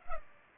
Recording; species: mosquito wingbeat signal from an infrared sensor; Culex pipiens